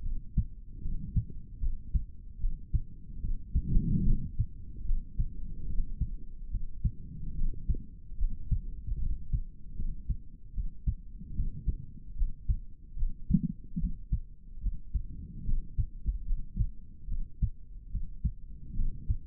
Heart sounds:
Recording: heart sounds by stethoscope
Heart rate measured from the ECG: 74 bpm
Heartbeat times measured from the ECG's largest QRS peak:
0.02 s: heartbeat
0.81 s: heartbeat
1.60 s: heartbeat
2.39 s: heartbeat
3.20 s: heartbeat
4.04 s: heartbeat
4.84 s: heartbeat
5.66 s: heartbeat
6.50 s: heartbeat
7.35 s: heartbeat
8.18 s: heartbeat
8.99 s: heartbeat
9.75 s: heartbeat
10.53 s: heartbeat
11.34 s: heartbeat
12.16 s: heartbeat
12.96 s: heartbeat
13.78 s: heartbeat
14.61 s: heartbeat
15.45 s: heartbeat
16.26 s: heartbeat
17.07 s: heartbeat
17.90 s: heartbeat
18.74 s: heartbeat
From the record:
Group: healthy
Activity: rest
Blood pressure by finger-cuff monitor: 81/50 mmHg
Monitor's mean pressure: 62 mmHg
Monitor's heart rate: 73 bpm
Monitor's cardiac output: 4.1 L/min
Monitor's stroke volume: 55 mL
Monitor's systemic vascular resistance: 1070 dyn s/cm5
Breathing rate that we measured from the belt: 17 breaths a minute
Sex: male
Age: 55 years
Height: 167 cm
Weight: 57.2 kg

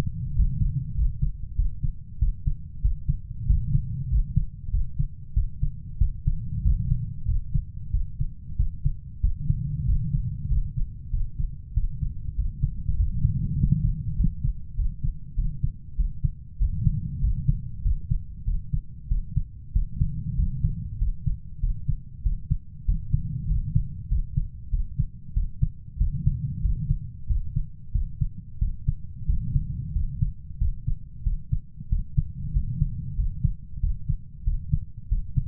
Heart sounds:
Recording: heart sounds by stethoscope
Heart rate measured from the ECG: 95 bpm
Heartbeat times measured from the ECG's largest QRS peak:
0.37 s: heartbeat
0.98 s: heartbeat
1.58 s: heartbeat
2.22 s: heartbeat
2.84 s: heartbeat
3.49 s: heartbeat
4.11 s: heartbeat
4.73 s: heartbeat
5.36 s: heartbeat
6.01 s: heartbeat
6.65 s: heartbeat
7.28 s: heartbeat
7.94 s: heartbeat
8.59 s: heartbeat
9.24 s: heartbeat
9.88 s: heartbeat
10.51 s: heartbeat
11.13 s: heartbeat
11.76 s: heartbeat
12.38 s: heartbeat
12.99 s: heartbeat
13.59 s: heartbeat
14.18 s: heartbeat
14.78 s: heartbeat
15.38 s: heartbeat
15.99 s: heartbeat
16.61 s: heartbeat
17.23 s: heartbeat
17.85 s: heartbeat
18.47 s: heartbeat
19.11 s: heartbeat
19.75 s: heartbeat
20.38 s: heartbeat
21.01 s: heartbeat
21.63 s: heartbeat
22.25 s: heartbeat
22.88 s: heartbeat
23.50 s: heartbeat
24.11 s: heartbeat
24.73 s: heartbeat
25.36 s: heartbeat
26.00 s: heartbeat
26.64 s: heartbeat
27.29 s: heartbeat
27.94 s: heartbeat
28.61 s: heartbeat
29.29 s: heartbeat
29.95 s: heartbeat
30.61 s: heartbeat
31.26 s: heartbeat
31.92 s: heartbeat
32.55 s: heartbeat
33.18 s: heartbeat
33.83 s: heartbeat
34.46 s: heartbeat
35.11 s: heartbeat
From the record:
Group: healthy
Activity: rest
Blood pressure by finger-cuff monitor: 160/77 mmHg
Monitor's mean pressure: 99 mmHg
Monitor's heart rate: 95 bpm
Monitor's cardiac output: 8.6 L/min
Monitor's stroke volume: 90 mL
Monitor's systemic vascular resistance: 840 dyn s/cm5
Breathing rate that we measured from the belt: 19 breaths a minute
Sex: male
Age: 21 years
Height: 175 cm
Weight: 72.6 kg

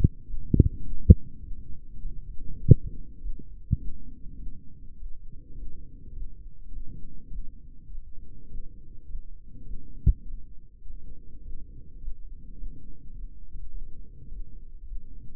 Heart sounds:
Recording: heart sounds by microphone in the left ear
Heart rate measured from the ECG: 103 bpm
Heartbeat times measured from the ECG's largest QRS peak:
0.25 s: heartbeat
0.80 s: heartbeat
1.40 s: heartbeat
2.00 s: heartbeat
2.61 s: heartbeat
3.20 s: heartbeat
3.76 s: heartbeat
4.35 s: heartbeat
4.95 s: heartbeat
5.54 s: heartbeat
6.13 s: heartbeat
6.68 s: heartbeat
7.27 s: heartbeat
7.87 s: heartbeat
8.47 s: heartbeat
9.05 s: heartbeat
9.62 s: heartbeat
10.22 s: heartbeat
10.82 s: heartbeat
11.42 s: heartbeat
11.98 s: heartbeat
12.54 s: heartbeat
13.12 s: heartbeat
13.70 s: heartbeat
14.28 s: heartbeat
14.83 s: heartbeat
From the record:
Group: healthy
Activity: rest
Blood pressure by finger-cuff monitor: 126/78 mmHg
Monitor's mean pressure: 89 mmHg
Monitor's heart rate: 103 bpm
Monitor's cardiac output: 7.9 L/min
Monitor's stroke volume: 78 mL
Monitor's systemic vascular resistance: 830 dyn s/cm5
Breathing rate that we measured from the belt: 21 breaths a minute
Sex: female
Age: 22 years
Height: 163 cm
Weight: 67.1 kg

